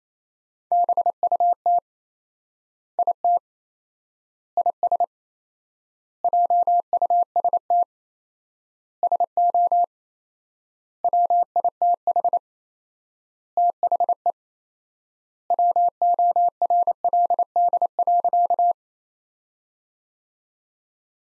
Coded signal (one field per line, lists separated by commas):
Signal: Morse code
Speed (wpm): 28 wpm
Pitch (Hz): 700 Hz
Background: none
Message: BUT IT IS JUST SO WITH THE WORLD.